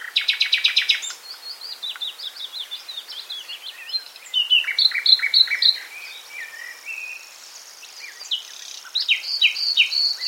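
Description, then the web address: Common nightingale song opening with a fast burst of repeated loud notes, followed by a varied string of short whistled and chirping phrases. "SETE Luscinia megarhynchos"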